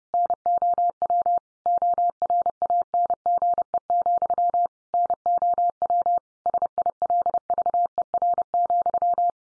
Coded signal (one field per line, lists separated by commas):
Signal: Morse code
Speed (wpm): 30 wpm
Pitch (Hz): 700 Hz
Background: none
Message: NOW ORANGE, NOW SILVER,